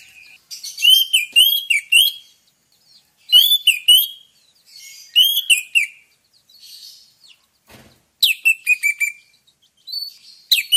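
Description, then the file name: Orange-headed thrush singing loud, varied phrases of clear whistles mixed with sharp chirps, each burst lasting one to two seconds and followed by quieter gaps. Orange-headed thrush song, meant to prompt the bird to sing readily. "pancingan suara burung anis merah agar rajin bunyi"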